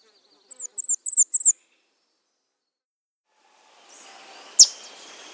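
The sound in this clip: Bay-breasted warbler song: a short series of very high, thin, wavering notes lasting about one second, followed by silence and later a faint hiss with a single sharp click.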